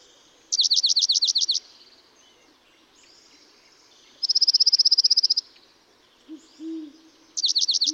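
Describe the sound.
Dark-eyed junco trilling: a slower buzzy trill of repeated swooping notes, a quick flat trill, then the swooping trill again, with a faint low hoot near the end.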